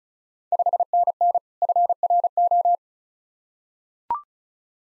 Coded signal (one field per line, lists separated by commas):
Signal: Morse code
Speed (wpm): 34 wpm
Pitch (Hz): 700 Hz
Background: none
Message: 5NN FRO